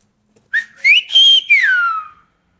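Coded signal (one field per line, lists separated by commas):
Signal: whistled language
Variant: Silbo Gomero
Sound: a single whistled phrase of four gliding syllables, rising then falling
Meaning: The whistled word names the colour yellow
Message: amarillo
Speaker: voy a silvarte un color a ver si lo entiendes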